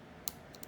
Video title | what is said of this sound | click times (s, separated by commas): How to Replace Headphone Jack on Ipod Classic | like that you'll hear a click | 0.3 s